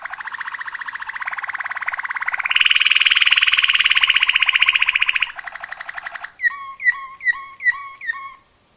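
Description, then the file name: Waterslager canary singing a dense rattling roll that swells louder, then a quick series of bubbling, dropping notes. Waterslager breed canary; song variations. "kenari waterslager variasi omkicau"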